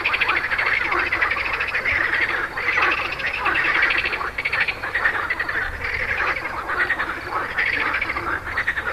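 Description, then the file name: Many frogs croaking together in rhythmic, rattling pulses that swell and fade, forming a steady wall of sound. "grenouilles"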